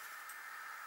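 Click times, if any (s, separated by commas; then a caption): none. A laser-cut MDF piece from a Christmas gnome decoration kit is handled while being pushed toward its slot in a slotted MDF base, where the pieces clip together and can optionally be glued afterwards. Only a steady, even hiss is heard across the whole second, with no distinct click. Nothing has seated or clicked yet.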